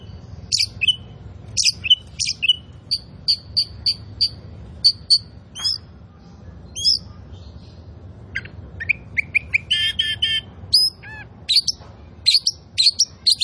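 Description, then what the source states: Oriental magpie-robin singing a loud, varied song of sharp whistles, rapid chattering bursts and repeated clear notes, with hard rasping phrases mixed in. Kacer poci; gacor, singing vigorously and constantly.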